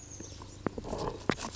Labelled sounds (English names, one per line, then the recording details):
Chestnut-backed Chickadee
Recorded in Sonoma County, California